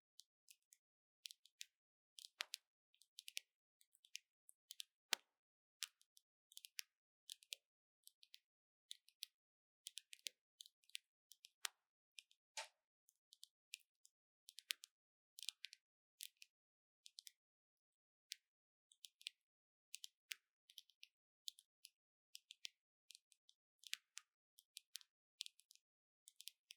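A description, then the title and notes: Gentle tapping in quick, irregular bursts of small clicks, crisp and bright with almost nothing low underneath. The taps come close together, several each second, with brief pauses between clusters, and a few land slightly harder. ASMR 抒壓放鬆的輕柔敲擊聲 | Gentle Tapping for Sleep | NO Talking.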